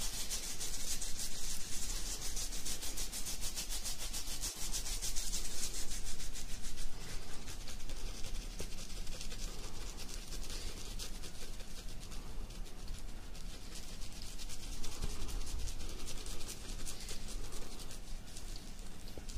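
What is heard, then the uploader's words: Fingers scratch through a beard in a continuous, dense rasping, brightest in the first seconds, with a faint steady hum underneath throughout. ASMR INSANE BEARD SCRATCHING.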